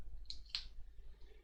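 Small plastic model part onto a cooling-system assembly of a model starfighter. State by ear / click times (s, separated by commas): seated / 0.3 s, 0.6 s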